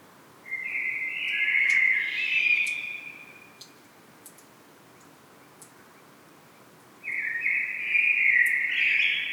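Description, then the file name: Common blackbird song: two rich, warbled phrases separated by a quiet pause, each fluty with slight higher twitters, with faint clicks between them. "Turdus merula"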